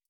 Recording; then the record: hydrophone in a shrimp aquaculture tank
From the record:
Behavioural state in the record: stressed